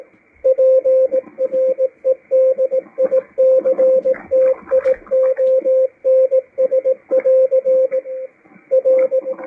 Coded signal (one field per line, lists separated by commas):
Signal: Morse code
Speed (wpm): 18 wpm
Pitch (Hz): 520 Hz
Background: radio noise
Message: PREDICTIONS <AR> R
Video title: W1AW cw decode - MALAHITEAM DSP-2 12-12-2022